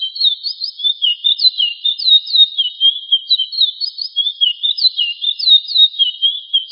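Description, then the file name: Bird song of clear, high whistled notes, each sliding up then down, given in quick, regular pairs and triplets throughout; no other sounds audible. "Passaros"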